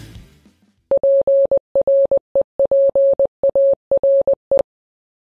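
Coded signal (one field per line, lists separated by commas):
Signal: Morse code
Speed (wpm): 20 wpm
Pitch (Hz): 550 Hz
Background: none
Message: PREPARE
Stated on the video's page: Practice on 20 meters with emergency power.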